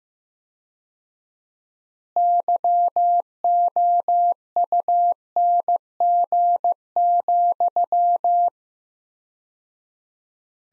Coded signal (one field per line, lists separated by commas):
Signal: Morse code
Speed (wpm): 15 wpm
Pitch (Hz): 700 Hz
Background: none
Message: YOUNG,